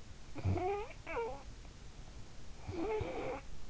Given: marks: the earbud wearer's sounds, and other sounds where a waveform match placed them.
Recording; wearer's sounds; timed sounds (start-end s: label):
sounds in sleep by an in-ear microphone; snoring breath
0.15-1.58 s: snoring breath
2.41-3.67 s: snoring breath